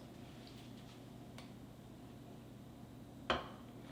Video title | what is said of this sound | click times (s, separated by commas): HOW I MAKE THAT BREAD!!! | And you'll hear a click when you yep. | 3.3 s